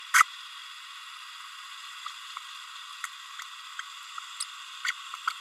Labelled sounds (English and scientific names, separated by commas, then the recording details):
Green-rumped Parrotlet (Forpus passerinus) babbling
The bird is a female
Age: 30 days
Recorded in a nest box in Venezuela
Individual 17B32A7